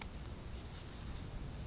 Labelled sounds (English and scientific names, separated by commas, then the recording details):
Chestnut-backed Chickadee (Poecile rufescens)
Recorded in Sonoma County, California